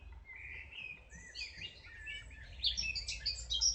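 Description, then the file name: Common nightingale singing softly, a rising whistled note followed by varied quick chirps and fluttering phrases growing louder toward the end, with a low background rumble. "Rossignol 2"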